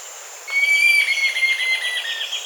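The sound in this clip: Bird giving a clear whistled note that holds steady, then breaks into rapid warbled fragments fading out, with a continuous high-pitched buzzing hum underneath.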